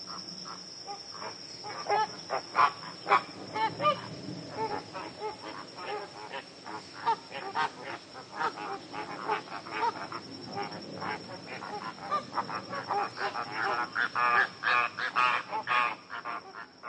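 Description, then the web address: Flamingo flock squawking, a dense overlapping run of harsh nasal honks, with a steady high insect-like whine throughout. Wetland ambience of a flamingo flock squawking. "SFXBible ambience-wetlands-flamingoes-squawk"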